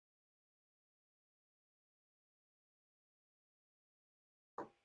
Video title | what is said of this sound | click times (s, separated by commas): #1905 Waltham pocket Watch | there's one need it clicking that means it's come out | 4.6 s